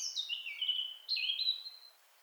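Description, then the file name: Eurasian blackcap giving a short song fragment: two clear whistled phrases in quick succession, the first sliding downward. "Sylvia atricapilla"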